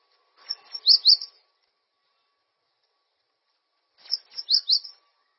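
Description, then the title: Bird song in two short phrases, each a soft scratchy start rising into a couple of loud, high, slurred notes, about three seconds apart. "LuckyPassaro"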